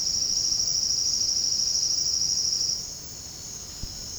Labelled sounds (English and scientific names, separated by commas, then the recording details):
Silvered Antbird (Sclateria naevia)
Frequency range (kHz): Silvered Antbird (Sclateria naevia) 4.1-6.1 kHz
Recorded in dense forest near Puerto Asís, Putumayo, Colombia, on 18 February 2024 at 09:00
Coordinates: 0.485, -76.325
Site G6429